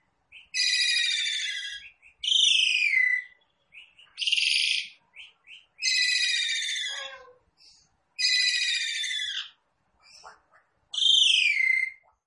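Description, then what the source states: Javan pied starling calls: repeated long harsh downslurred screeches separated by pauses, with faint scratchy notes between them. Lure call used to draw a response from Javan pied starlings.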